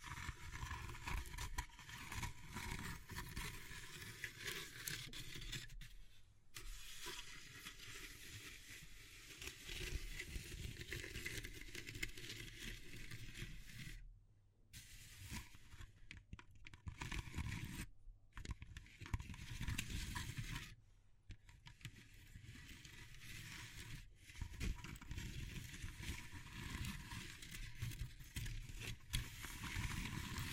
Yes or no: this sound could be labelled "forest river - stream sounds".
no